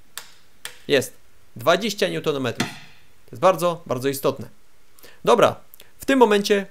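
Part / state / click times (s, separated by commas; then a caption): timing belt tensioner pulley bolt tightened into the engine block with a torque wrench / torque reached / 0.2 s, 0.7 s. The fixing bolt of the timing belt tensioner pulley on an Opel Vauxhall Astra G 1.6 16V X16XEL (1998) is tightened into the engine block to 20 Nm with a click-type torque wrench. Two sharp ticks are heard at 0.2 s and 0.7 s as the wrench releases at its setting, followed by someone talking. The bolt reaches its 20 Nm torque.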